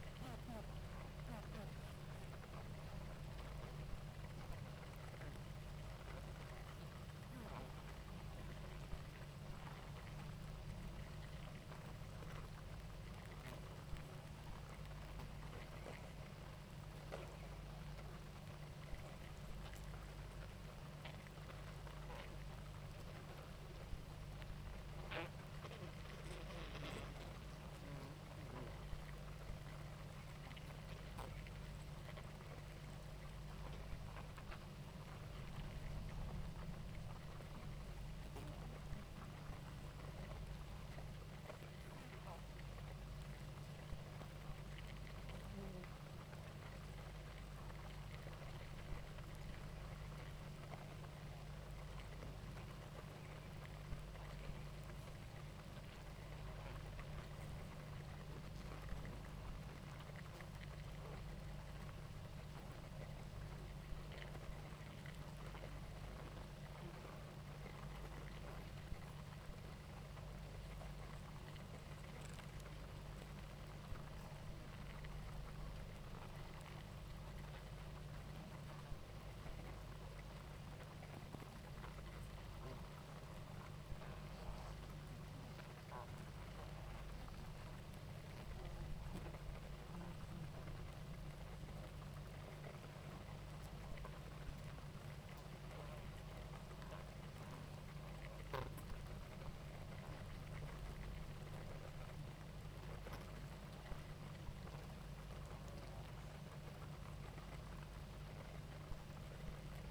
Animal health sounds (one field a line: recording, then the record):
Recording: honeybee colony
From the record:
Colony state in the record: active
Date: 28 July 2017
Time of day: 18:53